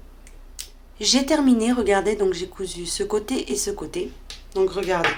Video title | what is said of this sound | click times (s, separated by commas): Ensemble Sac Pochette Etui à lunettes Candy | Comme ça, au moment de fermer, vous voyez, ça clipse. | 0.6 s